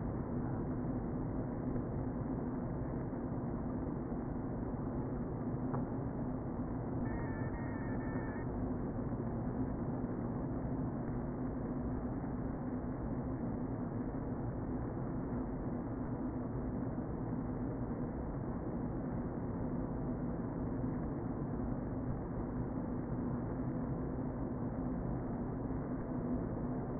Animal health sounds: honeybee colony, microphone inside the hive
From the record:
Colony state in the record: queen present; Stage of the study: before two queens were removed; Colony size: about 60,000 bees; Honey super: yes

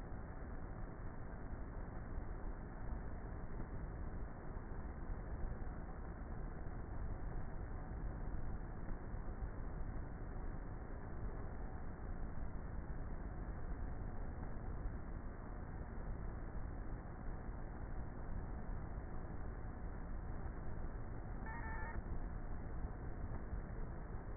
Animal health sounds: honeybee colony, microphone inside the hive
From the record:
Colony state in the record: queenless with a low population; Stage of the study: before two queens were removed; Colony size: about 30,000 bees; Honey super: no

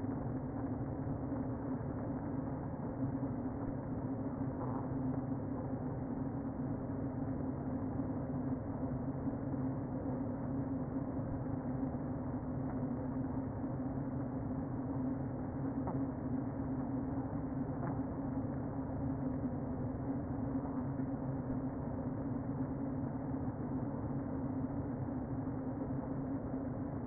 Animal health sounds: honeybee colony, microphone inside the hive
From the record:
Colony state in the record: queen present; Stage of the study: before two queens were removed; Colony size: about 60,000 bees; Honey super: yes

